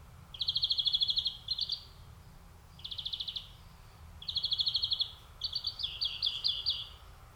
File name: Chloris chloris